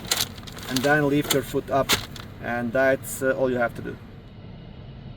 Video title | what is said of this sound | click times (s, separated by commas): Dodge Grand Caravan - HOW TO ENGAGE / DISENGAGE PARKING (EMERGENCY) BRAKE (2011 - 2020) | To disengage it, press it in, you will hear a click, and | 0.1 s